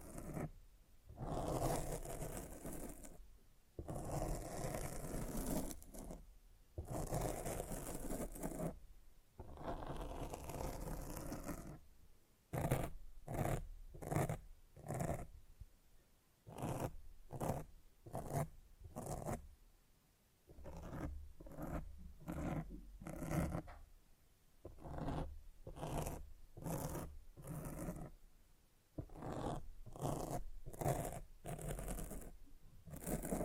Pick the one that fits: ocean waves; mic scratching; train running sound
mic scratching